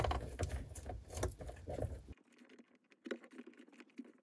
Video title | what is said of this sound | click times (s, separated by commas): Replace Sea doo GTX ignition coils (1998 -2005) | go ahead and align it properly and shift it in until it that clicks and locks in place | 3.1 s